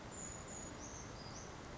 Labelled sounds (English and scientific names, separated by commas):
Brown Creeper (Certhia americana)